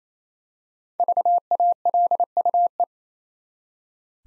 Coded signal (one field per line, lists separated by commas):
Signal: Morse code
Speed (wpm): 27 wpm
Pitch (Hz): 700 Hz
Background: none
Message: VALUE